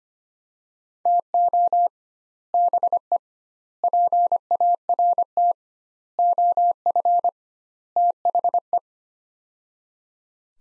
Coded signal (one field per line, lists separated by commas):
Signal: Morse code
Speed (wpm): 25 wpm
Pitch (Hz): 700 Hz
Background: none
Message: TO BE PART OF THE